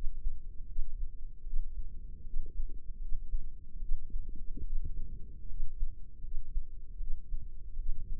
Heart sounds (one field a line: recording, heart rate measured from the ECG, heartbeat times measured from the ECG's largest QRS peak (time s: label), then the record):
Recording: heart sounds by microphone in the left ear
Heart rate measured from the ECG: 76 bpm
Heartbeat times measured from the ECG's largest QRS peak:
0.64 s: heartbeat
1.41 s: heartbeat
2.21 s: heartbeat
2.97 s: heartbeat
3.77 s: heartbeat
4.60 s: heartbeat
5.44 s: heartbeat
6.19 s: heartbeat
6.95 s: heartbeat
7.74 s: heartbeat
From the record:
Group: healthy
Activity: rest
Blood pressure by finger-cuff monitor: 116/85 mmHg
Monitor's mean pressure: 98 mmHg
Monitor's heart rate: 78 bpm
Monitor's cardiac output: 6 L/min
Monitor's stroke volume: 81 mL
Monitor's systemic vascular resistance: 1210 dyn s/cm5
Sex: female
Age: 23 years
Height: 160 cm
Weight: 50.4 kg